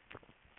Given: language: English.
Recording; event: throat vibration sensor signal played as sound; swallow